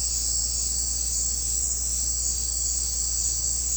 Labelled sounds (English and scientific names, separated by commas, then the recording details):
none
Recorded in secondary vegetation near Puerto Asís, Putumayo, Colombia, on 9 March 2025 at 17:00
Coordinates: 0.484, -76.319
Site G010